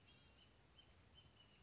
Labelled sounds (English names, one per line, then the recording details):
Blue-gray Gnatcatcher
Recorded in Sonoma County, California